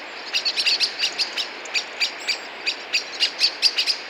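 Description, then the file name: Common blackbird with sharp, metallic chip calls, several per second, bunched in uneven groups with brief gaps between them. "Turdus merula"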